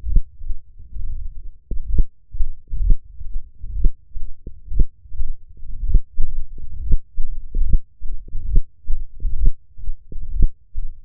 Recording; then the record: forearm muscle sounds (acoustic myography)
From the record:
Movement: hand opening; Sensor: system 1, eight BSWA MPA416 microphones around the upper forearm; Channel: 5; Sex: male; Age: 23 years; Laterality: right